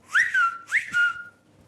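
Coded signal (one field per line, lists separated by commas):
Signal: whistled language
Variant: Turkish kuş dili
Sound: two short whistled phrases, each a quick upward glide settling into a held tone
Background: small room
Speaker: ça s'appelle donc la langue sifflets qui est utilisé dans la région de la mer noire de la turquie donc il s'agit en fait d'une transcription des syllabes en turc en son sifflet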